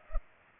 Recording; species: mosquito wingbeat signal from an infrared sensor; Culex pipiens